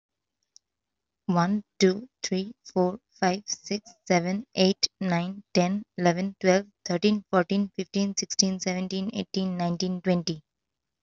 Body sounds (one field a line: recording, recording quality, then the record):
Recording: counting at a fast pace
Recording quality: excellent, no background noise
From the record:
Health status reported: healthy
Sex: female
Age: 27 years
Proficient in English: yes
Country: India